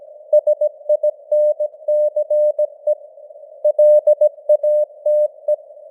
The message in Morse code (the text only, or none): SINCE LATE